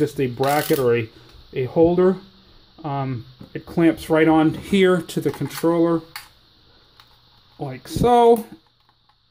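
Someone talks while clamping a plastic phone holder bracket onto a PS3 game controller, with faint plastic handling sounds between the words. The bracket is tight and may need a screwdriver to snap fully into place. Nothing has seated or clicked yet.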